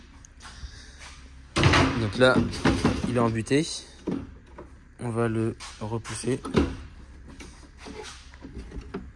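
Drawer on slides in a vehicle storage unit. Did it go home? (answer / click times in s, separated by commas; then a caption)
yes / 8.9 s. A drawer on slides in a vehicle storage unit is pushed back in along its slides while someone talks. It clips shut at the end of the slide at 8.9 s, seated properly and no longer moving.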